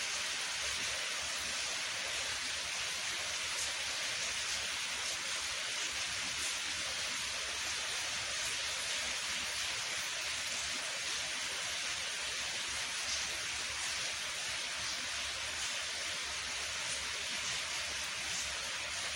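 Rain falls steadily throughout, a dense, even hiss with no pauses or swells. The sound is bright, with fine pattering spread evenly across the clip, and a faint low rumble sits underneath the whole time.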